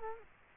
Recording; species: mosquito wingbeat signal from an infrared sensor; Culex quinquefasciatus